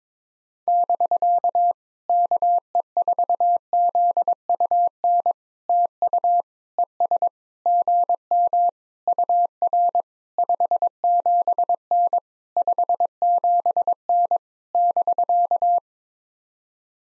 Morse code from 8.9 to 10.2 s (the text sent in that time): UR